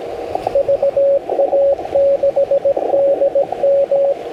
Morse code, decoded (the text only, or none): VA6DM